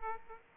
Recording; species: mosquito wingbeat signal from an infrared sensor; Aedes aegypti